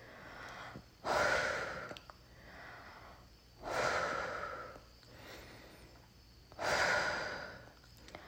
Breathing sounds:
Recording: deep breathing after running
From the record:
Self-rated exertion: light exertion (2 of 6)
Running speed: 6 miles an hour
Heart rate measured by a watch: 121 beats a minute at the start, 120 at the end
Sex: female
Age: 28 years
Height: 155 cm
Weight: 44 kg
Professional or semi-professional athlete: no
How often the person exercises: 3 to 5 times a week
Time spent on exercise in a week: over 5 hours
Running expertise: yes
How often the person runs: 3 to 5 times a week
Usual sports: running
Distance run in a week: 45 km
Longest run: 32 km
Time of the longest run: 200 minutes

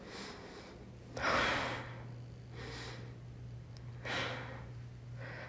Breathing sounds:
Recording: deep breathing after running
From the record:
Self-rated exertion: light exertion (2 of 6)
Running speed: 5 miles an hour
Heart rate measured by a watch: 111 beats a minute at the start, 114 at the end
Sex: female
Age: 18 years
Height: 162 cm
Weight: 62 kg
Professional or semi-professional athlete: no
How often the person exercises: 1 to 2 times a week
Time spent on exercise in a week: under 1 hour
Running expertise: no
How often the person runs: under once a week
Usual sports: walking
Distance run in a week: 2 km

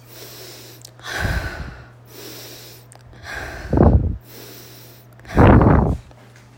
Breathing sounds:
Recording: deep breathing after running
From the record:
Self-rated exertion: light exertion (2 of 6)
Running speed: 6 miles an hour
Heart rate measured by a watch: 100 beats a minute at the start, 97 at the end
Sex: female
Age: 30 years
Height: 160 cm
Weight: 51 kg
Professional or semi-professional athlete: no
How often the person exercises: 3 to 5 times a week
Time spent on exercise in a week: over 5 hours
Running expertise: no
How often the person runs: 3 to 5 times a week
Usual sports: running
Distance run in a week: 60 km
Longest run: 42 km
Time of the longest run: 267 minutes

